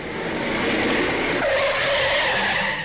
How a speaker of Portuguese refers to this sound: Freio do carro do ouvinte da Mirante.